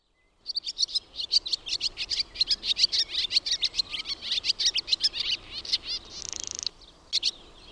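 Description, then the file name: Barn swallow song: a fast, chattering twitter of high chirps that ends in a dry, grating buzzy rattle, followed by a couple of short notes. "HAARAPAASKY"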